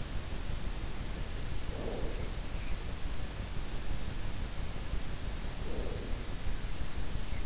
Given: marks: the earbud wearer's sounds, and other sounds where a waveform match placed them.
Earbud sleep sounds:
sounds in sleep by an in-ear microphone; breath
1.50-2.46 s: breath
5.28-6.49 s: breath

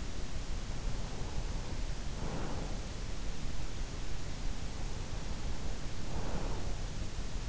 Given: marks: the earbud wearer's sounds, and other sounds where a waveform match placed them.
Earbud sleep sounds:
sounds in sleep by an in-ear microphone; breath
1.15-2.98 s: breath
5.32-7.49 s: breath

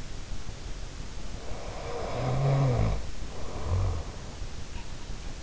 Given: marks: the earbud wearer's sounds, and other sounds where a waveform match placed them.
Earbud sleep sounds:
sounds in sleep by an in-ear microphone; snoring breath
1.28-4.43 s: snoring breath

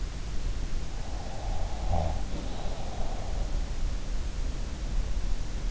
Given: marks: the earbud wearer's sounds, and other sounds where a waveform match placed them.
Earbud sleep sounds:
sounds in sleep by an in-ear microphone; breath
1.09-3.45 s: breath

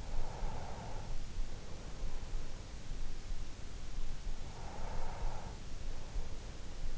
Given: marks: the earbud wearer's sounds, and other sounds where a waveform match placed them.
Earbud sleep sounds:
sounds in sleep by an in-ear microphone; breath
0.01-2.59 s: breath
4.40-6.98 s: breath

